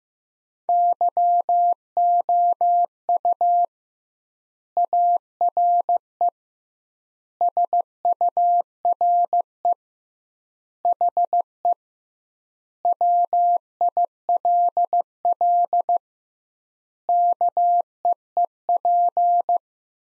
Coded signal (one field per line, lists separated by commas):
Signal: Morse code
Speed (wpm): 14 wpm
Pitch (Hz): 700 Hz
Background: none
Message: YOU ARE SURE HE WILL KEEP